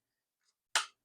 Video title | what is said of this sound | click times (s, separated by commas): Star Wars the Vintage Collection Landspeeder with Luke Skywalker figure and vehicle review. | Easy peasy. Snaps right in. | 0.8 s